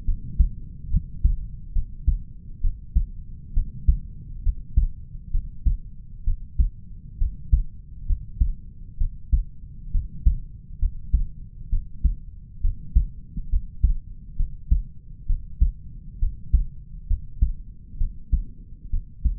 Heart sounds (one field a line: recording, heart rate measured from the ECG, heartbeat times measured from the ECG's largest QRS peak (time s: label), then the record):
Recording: heart sounds by stethoscope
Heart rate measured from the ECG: 67 bpm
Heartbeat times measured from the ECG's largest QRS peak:
0.05 s: heartbeat
0.90 s: heartbeat
1.73 s: heartbeat
2.61 s: heartbeat
3.54 s: heartbeat
4.43 s: heartbeat
5.31 s: heartbeat
6.24 s: heartbeat
7.18 s: heartbeat
8.06 s: heartbeat
8.98 s: heartbeat
9.91 s: heartbeat
10.79 s: heartbeat
11.70 s: heartbeat
12.61 s: heartbeat
13.49 s: heartbeat
14.36 s: heartbeat
15.26 s: heartbeat
16.19 s: heartbeat
17.07 s: heartbeat
17.98 s: heartbeat
18.90 s: heartbeat
From the record:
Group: healthy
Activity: rest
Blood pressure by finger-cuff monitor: 101/76 mmHg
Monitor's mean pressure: 84 mmHg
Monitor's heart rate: 67 bpm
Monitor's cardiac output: 4.8 L/min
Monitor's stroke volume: 72 mL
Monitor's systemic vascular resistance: 1290 dyn s/cm5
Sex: male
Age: 20 years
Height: 187 cm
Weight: 68.9 kg